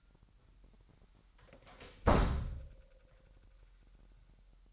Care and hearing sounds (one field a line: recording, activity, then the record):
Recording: daily activity, microphone in the room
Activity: close door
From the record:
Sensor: 3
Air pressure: 998.4 hPa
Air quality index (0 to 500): 138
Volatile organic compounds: 4 ppm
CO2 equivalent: 1650 ppm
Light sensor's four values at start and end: 17/48/19/18 and 17/47/19/18